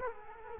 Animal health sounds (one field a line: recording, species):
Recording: mosquito wingbeat signal from an infrared sensor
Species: Culex quinquefasciatus